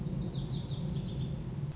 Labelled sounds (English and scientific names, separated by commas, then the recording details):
Lazuli Bunting (Passerina amoena)
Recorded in Sonoma County, California